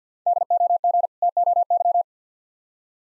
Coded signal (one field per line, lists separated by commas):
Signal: Morse code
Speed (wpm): 50 wpm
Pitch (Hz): 700 Hz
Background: none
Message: DOG TOY